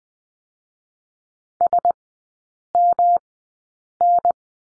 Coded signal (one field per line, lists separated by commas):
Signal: Morse code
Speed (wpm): 20 wpm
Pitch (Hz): 700 Hz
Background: none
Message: SMN